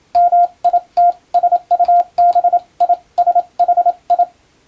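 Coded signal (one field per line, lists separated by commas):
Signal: Morse code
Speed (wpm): 27 wpm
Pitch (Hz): 700 Hz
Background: radio noise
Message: MITSUBISHI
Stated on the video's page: Morse receiving practice in international (European) CW sent with an electronic keyer, using a telegram practice book.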